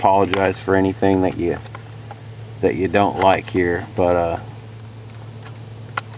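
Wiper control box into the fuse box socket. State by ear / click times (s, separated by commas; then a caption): seated / 6.0 s. Someone talks while a Honda window wiper control unit is pushed into its socket behind the fuse box. One sharp click at 6.0 s marks the unit plugging in and popping into place, seated.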